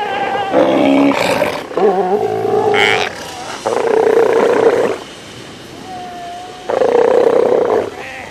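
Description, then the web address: South American sea lion calls: long steady bawls and wavering cries, alternating with quieter gaps. "earth naturelibrary assets s so south american sea lion"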